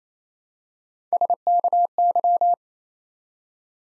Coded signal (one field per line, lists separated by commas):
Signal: Morse code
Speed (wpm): 27 wpm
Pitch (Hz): 700 Hz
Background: none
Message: SKY